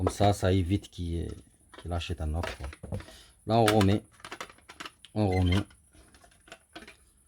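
A part of a VW TDI Golf 4 comfort control module, likely the circuit board, is being put back into its plastic housing after cleaning while someone talks. Short clicks and handling sounds are heard between about 4.3 and 6.8 seconds. Nothing has seated or clicked into place yet.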